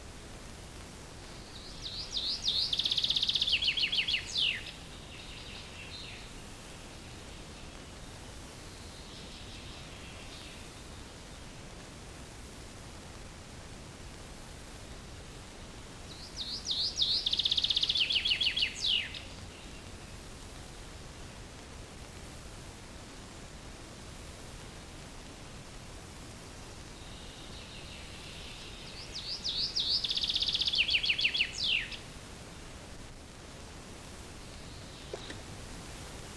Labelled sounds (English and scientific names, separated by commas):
Common Chaffinch (Fringilla coelebs) song